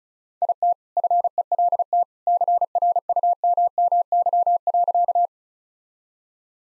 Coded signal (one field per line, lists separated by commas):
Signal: Morse code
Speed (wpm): 34 wpm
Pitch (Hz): 700 Hz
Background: none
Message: IT FELT CRUMMY.